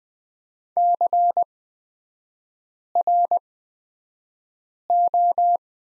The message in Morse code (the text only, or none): CRO